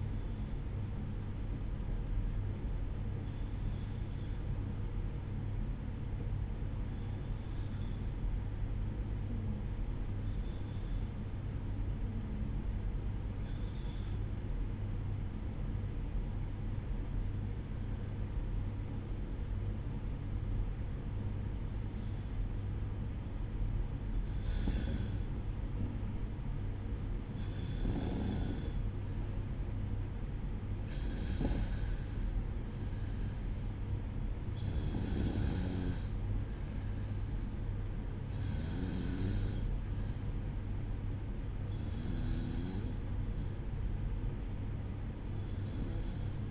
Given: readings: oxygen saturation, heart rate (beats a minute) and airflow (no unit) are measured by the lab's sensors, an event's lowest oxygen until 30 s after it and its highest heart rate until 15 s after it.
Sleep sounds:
breathing in sleep by a smartphone at the bedside; 1
3.00-23.20 s: obstructive apnea (REM, oxygen 95% highest, then 93% lowest, heart rate 60 at the start, 63 highest)
From the record:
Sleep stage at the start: REM sleep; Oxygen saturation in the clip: 93 to 96%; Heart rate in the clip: 60 to 63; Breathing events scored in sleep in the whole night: 305 in 9.6 hours asleep

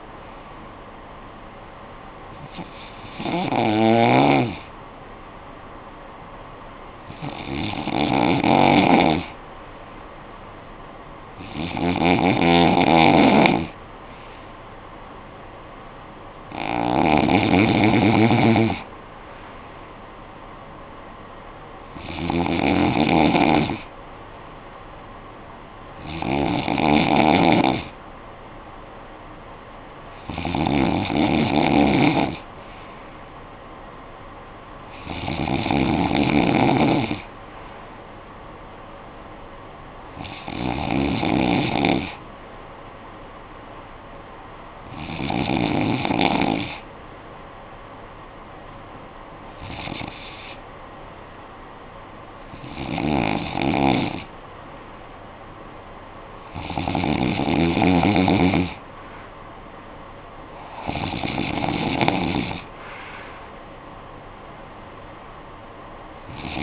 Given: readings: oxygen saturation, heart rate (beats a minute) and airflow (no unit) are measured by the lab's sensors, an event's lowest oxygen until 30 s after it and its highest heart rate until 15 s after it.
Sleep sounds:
breathing in sleep by a voice recorder at the bedside; none
none scored
From the record:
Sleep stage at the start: N2 (light sleep); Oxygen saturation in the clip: 92 to 94%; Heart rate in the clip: 54 to 64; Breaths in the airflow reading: 14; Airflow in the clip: -12.5 to 7.2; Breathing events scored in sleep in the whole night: 445 in 7.6 hours asleep

